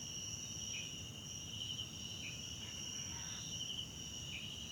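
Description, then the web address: Crickets in a constant high-pitched chorus over a low rumble. Crickets at night in a wetland park at a forest lodge, South Africa. "Tonschliff - SOUTH AFRICAN CRICKETS BG South Africa Wetland Park Kosi Forest Lodge Night"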